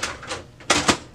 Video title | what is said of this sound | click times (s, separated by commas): HP Laserjet P-2035 - How to change your toner - Onyx imaging | Once you hear it click, you know it's in there. | 0.7 s